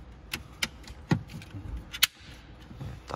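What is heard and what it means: A carbon center trim panel for a BMW X3 M / X4 M LCI is pressed into its groove on the car's center console. Several short knocks and taps come first, then at 2.0 s it gives a sharp, bright snap, the loudest sound in the clip. The panel is seated in the groove.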